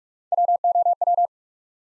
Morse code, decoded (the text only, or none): WOW